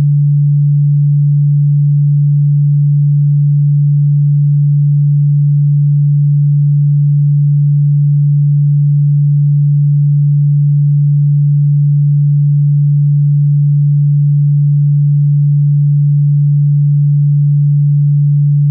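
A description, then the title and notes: A pure low tone at 144.72 Hz holds perfectly steady for the full nineteen seconds, with no change in pitch or loudness. It sounds like a smooth, deep hum with nothing else around it, ending abruptly at the close. In the 33rd octave it oscillates with 144.72 Hz, which agrees to the tone D.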